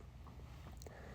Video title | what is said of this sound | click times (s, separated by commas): Rivian R1S & R1T Horn Upgrade Kit with Mount Installation Instructions | and you'll hear a click and when you hear that click you know that you're all set and it's securely in there | 0.8 s